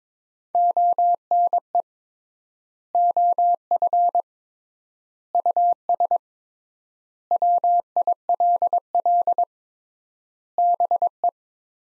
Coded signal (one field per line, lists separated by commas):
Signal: Morse code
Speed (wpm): 22 wpm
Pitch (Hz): 700 Hz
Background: none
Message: ONE OF US WILL BE